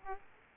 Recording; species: mosquito wingbeat signal from an infrared sensor; Aedes aegypti